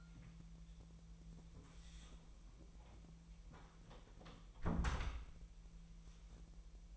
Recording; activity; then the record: daily activity, microphone in the room; close door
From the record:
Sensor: 1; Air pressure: 1001.5 hPa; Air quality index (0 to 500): 249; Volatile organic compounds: 126 ppm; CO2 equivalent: 3906 ppm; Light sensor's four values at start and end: 13/32/13/14 and 13/31/13/14